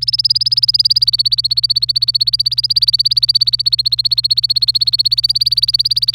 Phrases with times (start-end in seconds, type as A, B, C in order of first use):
0.01-6.15 A